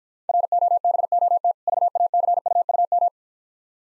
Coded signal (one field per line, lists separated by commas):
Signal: Morse code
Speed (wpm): 52 wpm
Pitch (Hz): 700 Hz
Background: none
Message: ROBOT VACUUM